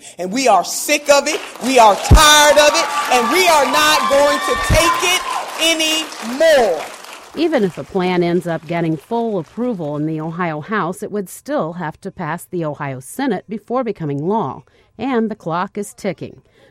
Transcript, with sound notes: Well we are sick of it, we are tired of it and we are not going to take it any more (fade applause) Even if the plan ends up getting full approval in the Ohio House, it would still have to pass the Ohio Senate before becoming law and the clock is ticking.